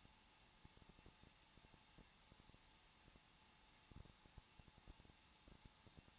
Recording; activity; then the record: daily activity, microphone in the room; no activity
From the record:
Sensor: 1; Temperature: 20.1 degrees Celsius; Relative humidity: 39.4%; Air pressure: 1006.4 hPa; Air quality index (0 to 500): 219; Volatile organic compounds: 82 ppm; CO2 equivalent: 3622 ppm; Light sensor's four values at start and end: 1/2/1/1 and 1/2/1/1